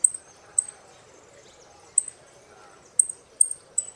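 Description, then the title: Saffron finch giving sharp, very high chip notes, single and spaced irregularly, then a quicker run of three near the end, over a soft steady background hiss. "Jilguero Argentino"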